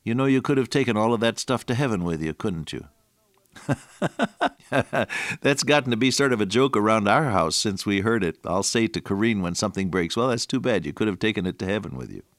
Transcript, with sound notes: You know you could have taken all of that stuff to heaven with you, couldn’t you?” [chuckle] That’s gotten to be sort of a joke around our house since we heard it. I’ll say to Coreen, when something breaks, “Well, that’s too bad, you could have taken it to heaven with you.”